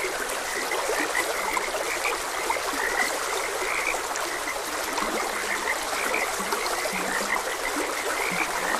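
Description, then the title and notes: Frogs croak in a busy, continuous chorus; some deeper drawn-out croaks appear in the second half, all over the steady sound of a stream. Frogs croaking beside a gentle stream, presented as calming nature ambience. "Gentle Stream and Frogs Croaking - Calming Sounds of Nature. Sleep and Relaxation Podcast"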